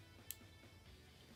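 A plastic strap connector is pushed into the second slot of a smartwatch case, and a single sharp click at 0.3 s shows the band has clipped in. The strap is now fastened on both sides, over faint background music.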